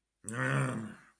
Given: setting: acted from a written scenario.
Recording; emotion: vocal sound without words; anger